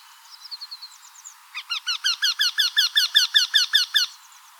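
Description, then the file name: Eurasian wryneck calling a steady run of many loud, nasal notes, preceded by several softer notes. Recorded on 8 May 2013. "08 05 2013 Wendehals"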